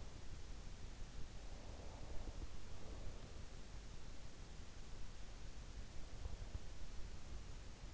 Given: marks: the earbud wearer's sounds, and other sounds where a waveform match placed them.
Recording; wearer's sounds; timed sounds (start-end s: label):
sounds in sleep by an in-ear microphone; breath
1.47-3.77 s: breath